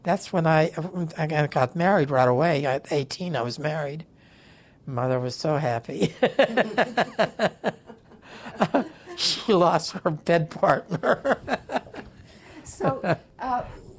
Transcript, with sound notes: That's when I - I got married right away, at eighteen I was married. Mother was so (both laugh) She lost her bed partner.
So how